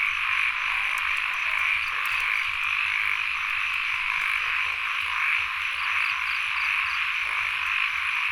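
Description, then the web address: Frogs in a steady chorus, a rasping high hum with slight swells and small pulsed chirps scattered above. Field recording, frogs and insects together, at Sen Monorom, Cambodia. "NOISE ON EARTH Vol 1 CAMBODIA Les Cartes Postales Sonores - Insects Frogs of Sen Monorom"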